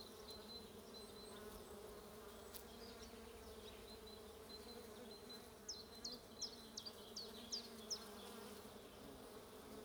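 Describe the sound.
Bees buzzing in a steady low drone, with a short series of quick high bird chirps near the end.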